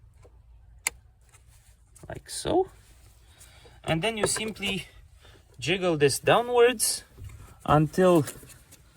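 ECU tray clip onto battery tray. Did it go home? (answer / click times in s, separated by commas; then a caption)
no / none. On a left-hand-drive 2014 Opel Corsa D 1.4, during a clutch master cylinder job, the ECU tray is jiggled downwards onto the battery tray while someone talks, with a brief sharp tap near 0.9 s and faint handling noises. Nothing has clicked or seated yet; the ECU tray clip is not yet home when the clip ends.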